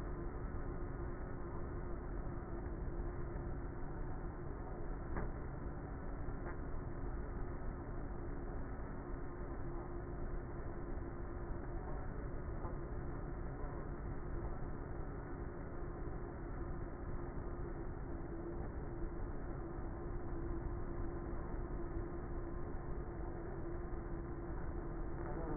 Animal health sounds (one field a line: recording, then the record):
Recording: honeybee colony, microphone inside the hive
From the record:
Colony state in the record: queenless with a low population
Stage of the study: before two queens were removed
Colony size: about 30,000 bees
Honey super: no